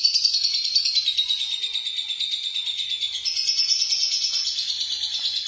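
Lovebird chattering song, a continuous high buzzy twitter pulsing rapidly about three times a second, with slight rises and falls in pitch throughout.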